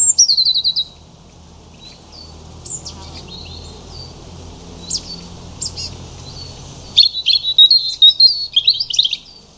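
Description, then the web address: European robin song: a high sweet phrase at the start, a pause with faint scattered notes and low hum, then a jumbled, twittering high phrase near the end. "cianscape birddata Deverinetal 2025 Bird Only Er Ru"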